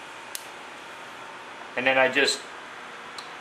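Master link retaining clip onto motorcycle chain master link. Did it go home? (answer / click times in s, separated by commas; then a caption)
yes / 0.3 s. A screwdriver presses the spring retaining clip of a motorcycle chain master link onto the link pins, and it snaps on with a sharp, short click at 0.4 s. The clip is seated, and afterward someone talks briefly.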